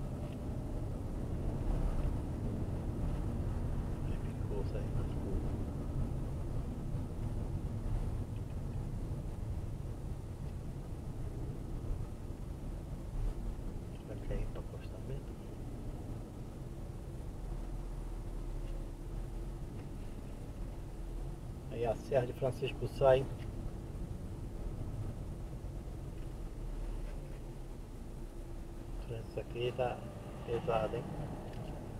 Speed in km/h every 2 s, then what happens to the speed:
27, 26, 25, 21, 18, 17, 16, 17, 13, 14, 16, 16, 14, 10, 12, 14.
0-16 slows to 13. 16-32 steady at about 14.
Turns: none.